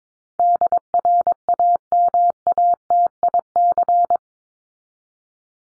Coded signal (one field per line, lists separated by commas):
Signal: Morse code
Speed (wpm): 22 wpm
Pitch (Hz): 700 Hz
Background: none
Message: DRAMATIC